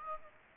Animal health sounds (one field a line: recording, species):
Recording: mosquito wingbeat signal from an infrared sensor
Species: Aedes aegypti